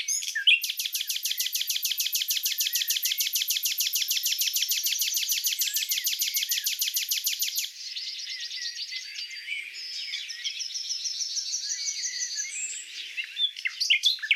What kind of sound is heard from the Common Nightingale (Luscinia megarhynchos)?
song